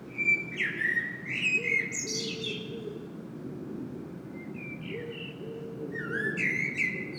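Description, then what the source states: Common blackbird song, two mellow warbled phrases finishing in high, thin squeaks, separated by a short pause, with a low steady rumble in the background. Singing bird recorded in Saint-Gilles, Belgium, using a Sony PCM-M10 internal microphone.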